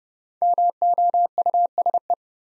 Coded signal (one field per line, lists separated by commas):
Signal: Morse code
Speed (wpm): 30 wpm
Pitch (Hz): 700 Hz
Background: none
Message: MOUSE